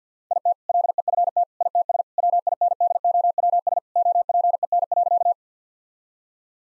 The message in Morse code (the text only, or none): IT LEFT ITS WINDOWS OPEN.